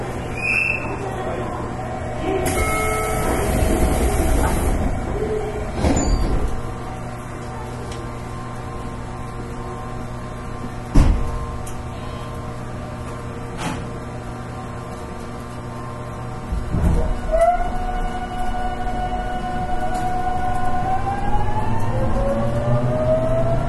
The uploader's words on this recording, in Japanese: JR813系 博多から折尾まで。JR九州 813系電車の走行音です。鹿児島線の快速列車にて収録しました。